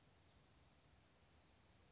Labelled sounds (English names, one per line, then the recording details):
Western Flycatcher
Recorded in Sonoma County, California